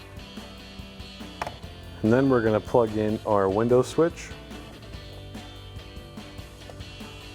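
A wiring connector is handled at the power window switch of a 2019–2026 RAM 1500 door as it is about to be plugged in. Someone talks over quiet background music, with a brief sharp handling sound near 1.4 s. Nothing has seated or clicked yet.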